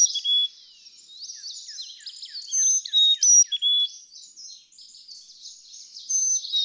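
Carolina chickadee song, clear high whistles stepping down in pitch, repeated among dense, busy high chirping chatter.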